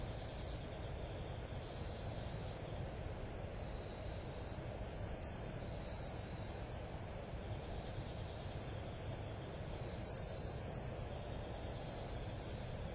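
Madara-suzu cricket singing short, very high buzzy trills in regular bursts, with a continuous lower whine and broad low-pitched noise underneath.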